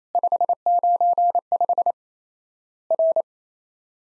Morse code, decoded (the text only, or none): 595 R